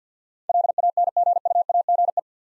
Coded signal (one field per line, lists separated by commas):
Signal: Morse code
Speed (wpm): 46 wpm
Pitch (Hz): 700 Hz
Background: none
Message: LANGUAGE